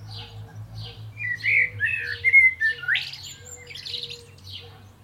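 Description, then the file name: Common blackbird warbling a rich phrase of slurred whistles that sweeps up into a strained high twitter, with soft repeated faint notes and a low hum behind. "Turdus merula"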